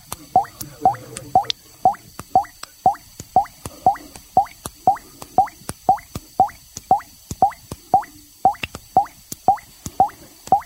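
Bubbles of oxygen gas pop up through water one after another, sharp wet plops arriving steadily about twice a second, with a faint hiss beneath.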